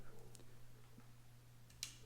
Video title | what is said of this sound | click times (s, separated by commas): *NEW Olight ODIN Flashlight REVIEW / GIVEAWAY - Brightest WML - Father’s Day Sale - Amagansett Press | pops into place there's a positive click and then you can turn that little | 1.8 s